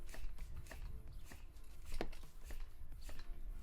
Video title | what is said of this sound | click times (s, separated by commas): Every Ebike Needs This - Cushcore Tire Inserts | You can kind of hear it popping. | 0.7 s, 2.0 s